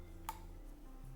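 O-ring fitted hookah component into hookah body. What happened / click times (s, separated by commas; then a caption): The push-in part clicked into place / 0.3 s. A component fitted with an O-ring is pushed into the body of a Steamulation hookah and seats with a single short, bright click at 0.3 s, standing out over a steady low hum. The part is clicked firmly into place.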